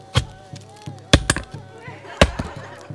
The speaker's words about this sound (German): Ihr steckt einfach diese kurzen Flöcke durch die Löcher in der Plane in den Boden und klopft sie mit einem Stein fest. So, probiert's mal.